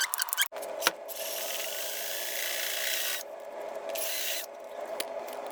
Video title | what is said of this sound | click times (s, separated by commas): How to Install a Deadbolt in a Door | important thing when you're testing a door and you turn the deadbolt you want to hear that click | 0.9 s